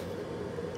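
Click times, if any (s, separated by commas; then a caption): none. A small 3mm LED is being worked by hand into the hole of a plastic arrow nock, with care taken not to pull a delicate leg off the LED. Only a steady low hum fills the short stretch, and the LED has not snapped into place yet.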